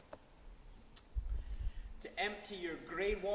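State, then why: Seated. A key turns in the lock of the external toilet locker door on a Roller Team Autoroller 746 motorhome, giving small clicks at 0.1 s and 1.0 s as the door locks. Someone then talks.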